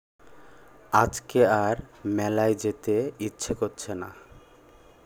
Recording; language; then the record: elicited speech; Bengali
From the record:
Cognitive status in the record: cognitively healthy